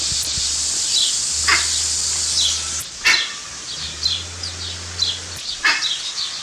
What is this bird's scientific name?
Theristicus caudatus